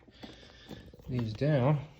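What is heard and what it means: A detachable latch on the custom hardware of a Harley Softail is being handled and pushed down toward its locked position. Faint handling noises are heard while someone talks. The part has not seated or clicked into place yet.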